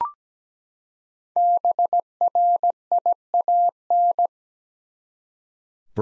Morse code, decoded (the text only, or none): BRIAN